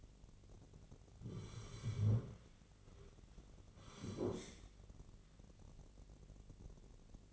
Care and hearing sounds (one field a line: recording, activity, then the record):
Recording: daily activity, microphone in the room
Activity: sit down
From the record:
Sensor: 4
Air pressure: 1010.1 hPa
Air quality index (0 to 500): 185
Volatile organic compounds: 3 ppm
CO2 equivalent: 1336 ppm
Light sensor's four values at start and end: 43/105/44/47 and 43/105/44/48